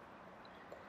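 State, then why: Not seated. A plastic globe is handled at the underside of a Playmobil Enterprise toy spaceship after checking which way round it goes. Only faint, soft handling noise is heard over a steady background, with small bumps near 0.7 s and 0.9 s. Nothing has seated or clicked yet.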